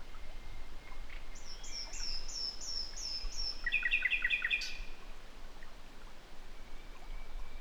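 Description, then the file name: Common nightingale song: a series of high repeated notes, then a quick run of lower rattling notes, over steady low rumbling background noise. "Luscinia megarhynchos"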